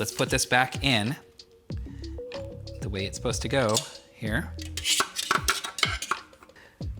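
Someone talks while handling the removable blade assembly of a CookingPal Multo cooking machine, putting it back into the base of the multicooker jar. Light clinks and knocks of handling are heard, with the sharpest hits between about 5.3 and 6.1 s. The blade assembly has not seated yet; nothing has clicked into place.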